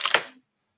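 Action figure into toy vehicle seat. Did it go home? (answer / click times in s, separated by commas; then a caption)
yes / 0.1 s. A plastic McFarlane SuperPowers action figure is pressed into the molded plastic holder of its toy vehicle seat. Two light plastic clicks come first, then a sharp snap at 0.1 s as the figure pops into place and is seated. The sound fades out by about 0.4 s, leaving silence.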